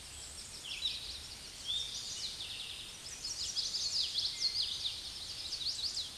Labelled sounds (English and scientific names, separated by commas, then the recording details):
Common Yellowthroat (Geothlypis trichas) song
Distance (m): 25 m
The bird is about 5 m above the microphone
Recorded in a Pennsylvania forest on 16 May 2024 at 07:32
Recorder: AudioMoth, point MSD-2417
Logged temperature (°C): 16.4 °C
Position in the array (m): 90 m, 93 m